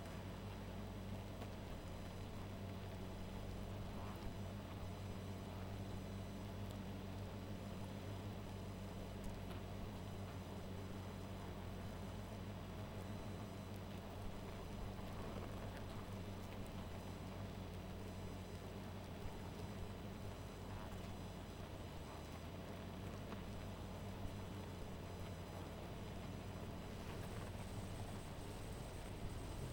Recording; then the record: honeybee colony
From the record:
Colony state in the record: missing queen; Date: 14 July 2017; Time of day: 1:37